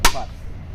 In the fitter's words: टक की आवाज आई मतलब बिल्कुल प्रॉपर जेनन तरीके से हो गया वो